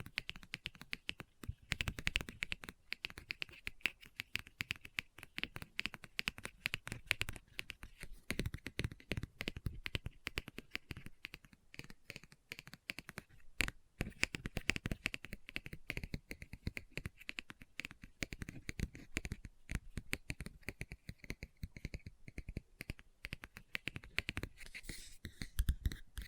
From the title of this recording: Book Tapping, Scratching, Page Turning